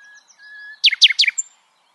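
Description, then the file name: Common nightingale song fragment: a few thin, level whistles, then three quick loud downslurred notes followed by a brief high whistle. "Luscinia megarhynchos"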